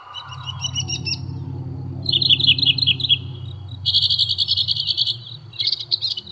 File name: kicauan burung northern mockingbird. omkicau